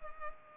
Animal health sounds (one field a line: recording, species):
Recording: mosquito wingbeat signal from an infrared sensor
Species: Culex pipiens